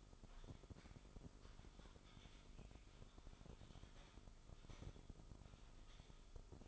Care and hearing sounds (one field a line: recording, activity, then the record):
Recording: daily activity, microphone in the room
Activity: typing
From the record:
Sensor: 5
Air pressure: 988.8 hPa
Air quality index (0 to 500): 235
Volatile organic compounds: 193 ppm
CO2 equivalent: 4189 ppm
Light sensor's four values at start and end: 39/124/48/51 and 39/124/48/51